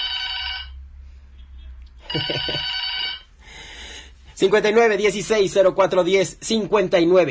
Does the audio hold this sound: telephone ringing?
yes